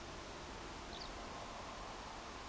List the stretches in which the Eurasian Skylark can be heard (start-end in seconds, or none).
0.91-1.08